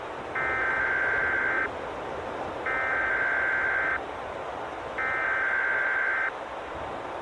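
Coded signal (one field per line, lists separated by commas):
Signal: Emergency Alert System (SAME) tones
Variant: header bursts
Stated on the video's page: Fictional analog-horror EAS scenario with valid EAS tones, made with Capcut, Pixilr, eSpeak and Audacity.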